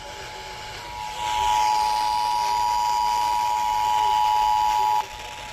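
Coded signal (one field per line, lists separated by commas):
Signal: Emergency Alert System (SAME) tones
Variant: 853 and 960 Hz attention tone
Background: speech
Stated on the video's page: Florida Required Monthly Test EAS tones.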